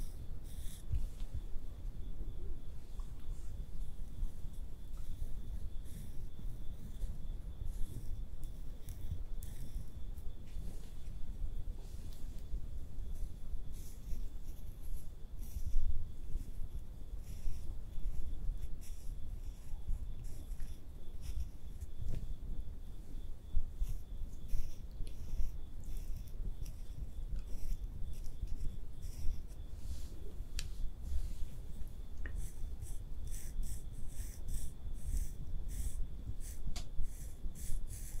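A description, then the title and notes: Layered makeup sounds with no talking: a dense, steady low rustle runs the whole way through, like brushing and soft handling. Scattered light taps and clicks sit on top, growing busier and quicker around the last several seconds. A faint thin whine hums steadily underneath. ASMR Makeup Artist Does Your MAKEUP (Layered + No Talking).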